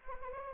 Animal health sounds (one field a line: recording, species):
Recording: mosquito wingbeat signal from an infrared sensor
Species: Anopheles arabiensis